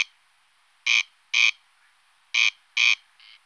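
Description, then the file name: Corn crake rasping call, dry grating notes delivered in pairs, two double rasps followed by a fainter final note. "Corncrake Vocals"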